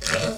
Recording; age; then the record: pig call; piglet (1 to 25 days)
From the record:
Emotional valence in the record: positive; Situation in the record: after nursing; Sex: male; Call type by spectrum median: low-frequency call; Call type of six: low-frequency stable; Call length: 0.39 s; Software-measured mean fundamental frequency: 68 Hz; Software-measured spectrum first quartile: 654 Hz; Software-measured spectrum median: 1778 Hz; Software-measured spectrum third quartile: 4327 Hz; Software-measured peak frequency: 568 Hz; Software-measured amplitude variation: 141 dB a second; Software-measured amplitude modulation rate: 18.1 a second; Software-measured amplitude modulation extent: 7.8 dB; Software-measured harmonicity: 0.0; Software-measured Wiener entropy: -1.78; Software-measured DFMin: 516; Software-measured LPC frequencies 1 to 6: 562, 1512, 2664, 3493, 4390, 5430 Hz